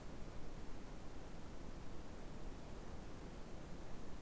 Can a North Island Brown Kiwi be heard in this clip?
no